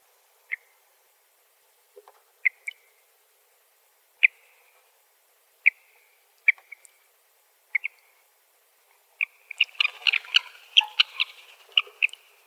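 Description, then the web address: Mountain Plover calls: single short notes with brief tails at irregular intervals, then a rapid burst of harsh, overlapping notes at the end. "Shorebirds AZFO MOUP CALLS deviche"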